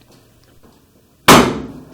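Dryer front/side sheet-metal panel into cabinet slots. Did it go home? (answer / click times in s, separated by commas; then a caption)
yes / 1.3 s. A GE dryer's sheet-metal cabinet is gently pressed together after its side panels and the front panel's tabs are lined up with their slots. After near silence, one loud slam-like metallic snap comes at 1.3 s and rings down over the rest of the clip. The panel has snapped into place, with the tabs seated in their slots.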